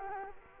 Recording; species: mosquito wingbeat signal from an infrared sensor; Culex quinquefasciatus